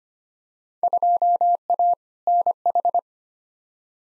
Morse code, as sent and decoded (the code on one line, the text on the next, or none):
..--- .- / -. ....
2A NH